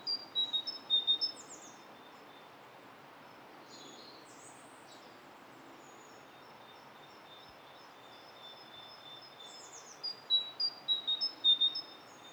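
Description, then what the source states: Great tit singing repeated high two-note whistled phrases in bursts at start and end, with a few brief sweeping notes between. One local great tit using its two notes in a more complicated phrase, 'dee, dee, dee, bobba chick', with a second great tit in the background.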